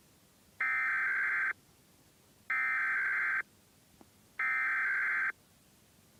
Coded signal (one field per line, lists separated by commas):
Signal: Emergency Alert System (SAME) tones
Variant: header bursts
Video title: Iowa Required Monthly Tests (EAS #100-103)